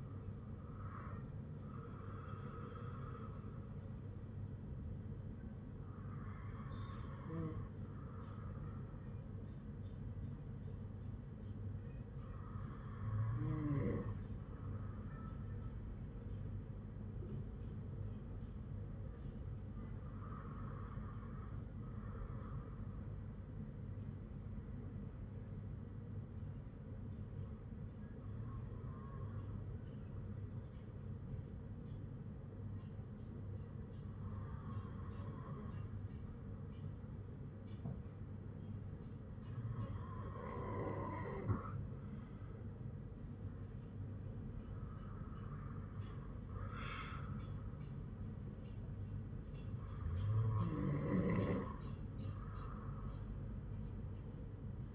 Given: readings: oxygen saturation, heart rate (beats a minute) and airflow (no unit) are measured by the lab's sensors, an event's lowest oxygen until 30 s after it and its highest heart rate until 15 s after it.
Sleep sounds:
breathing in sleep by a smartphone at the bedside; 1
29.00-45.90 s: hypopnea (N2, oxygen 97% highest, then 94% lowest, heart rate 54 at the start, 60 highest)
From the record:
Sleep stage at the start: N2 (light sleep); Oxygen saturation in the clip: 95 to 97%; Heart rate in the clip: 51 to 63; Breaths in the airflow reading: 9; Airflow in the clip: -6.6 to 8.0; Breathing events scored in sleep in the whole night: 182 in 7.4 hours asleep

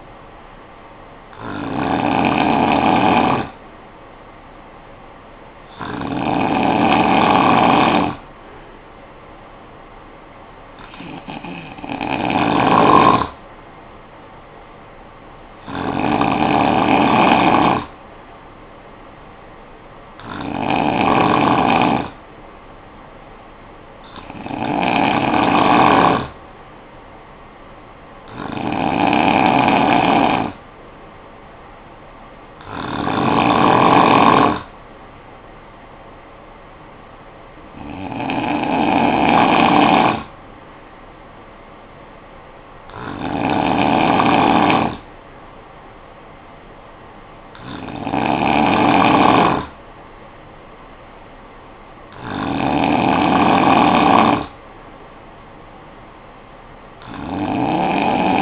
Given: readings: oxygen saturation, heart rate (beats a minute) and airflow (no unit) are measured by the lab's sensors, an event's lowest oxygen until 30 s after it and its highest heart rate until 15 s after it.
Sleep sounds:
breathing in sleep by a voice recorder at the bedside; none
none scored
From the record:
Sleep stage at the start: N2 (light sleep); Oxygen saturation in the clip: 93 to 94%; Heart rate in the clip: 50 to 60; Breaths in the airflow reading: 12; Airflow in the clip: -9.0 to 5.3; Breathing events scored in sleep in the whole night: 445 in 7.6 hours asleep

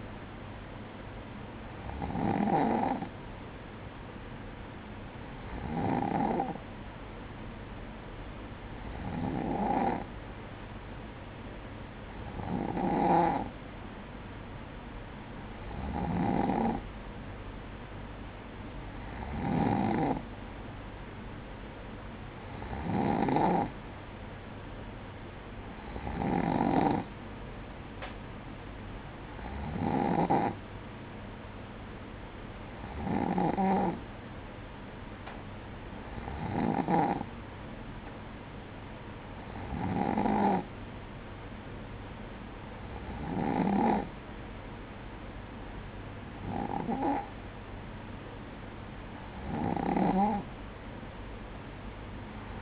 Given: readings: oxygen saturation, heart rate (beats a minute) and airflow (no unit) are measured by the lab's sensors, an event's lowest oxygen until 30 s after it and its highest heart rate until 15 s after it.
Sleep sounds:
breathing in sleep by a voice recorder at the bedside; none
none scored
From the record:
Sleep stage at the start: N2 (light sleep); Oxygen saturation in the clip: 95%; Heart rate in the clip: 56 to 59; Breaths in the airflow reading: 15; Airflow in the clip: -6.5 to 6.7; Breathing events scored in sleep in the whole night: 180 in 6.7 hours asleep

